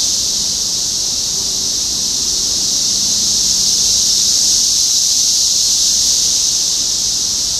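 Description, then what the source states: Many cicadas buzzing together in a steady high chorus, a soft low tone sounding briefly partway through. Recorded in Topeka, Kansas, on 14 June 2015.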